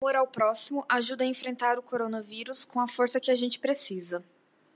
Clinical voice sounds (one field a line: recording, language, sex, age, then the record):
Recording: spoken sentence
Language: Brazilian Portuguese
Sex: female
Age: 20 to 29 years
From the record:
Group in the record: control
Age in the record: 26 years